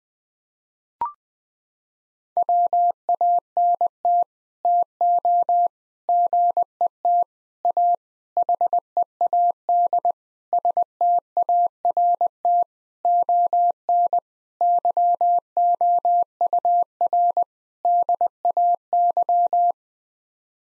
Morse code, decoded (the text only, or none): WANT TO GET A HEAD START ON YOUR DAY